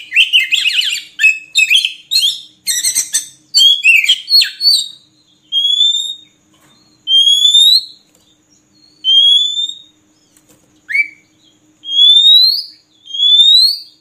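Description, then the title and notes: Oriental magpie-robin song: a fast burst of varied scratchy and whistled notes, then rising whistles repeated several times. Song meant for training kept birds to sing day and night. "Kacer Jadi Gacor Siang Malam. Isian Kacer Durasi Panjang"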